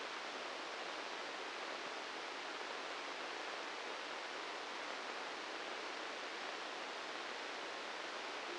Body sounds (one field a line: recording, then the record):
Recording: brain microelectrode recording played as sound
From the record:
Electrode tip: inside the subthalamic nucleus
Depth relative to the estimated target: 0 mm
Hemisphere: right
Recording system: NeuroSet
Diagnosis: Parkinson's disease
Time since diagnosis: 13 years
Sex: male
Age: 66 years